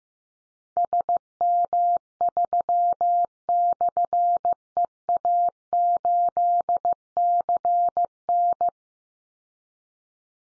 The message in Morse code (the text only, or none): SM3/EA8CN